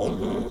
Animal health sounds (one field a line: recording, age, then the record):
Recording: pig call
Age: piglet (1 to 25 days)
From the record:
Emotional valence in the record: negative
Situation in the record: crushing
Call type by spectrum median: low-frequency call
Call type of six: low-frequency stable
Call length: 0.52 s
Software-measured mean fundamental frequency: 50 Hz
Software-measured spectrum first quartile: 215 Hz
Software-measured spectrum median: 380 Hz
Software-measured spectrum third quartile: 597 Hz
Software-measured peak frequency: 217 Hz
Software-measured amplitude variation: 124 dB a second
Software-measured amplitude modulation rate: 28.1 a second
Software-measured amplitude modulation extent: 4.4 dB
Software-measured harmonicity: 2.1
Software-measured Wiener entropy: -0.62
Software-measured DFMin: 1523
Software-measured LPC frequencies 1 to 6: 450, 2202, 3218, 3694, 4889, 5837 Hz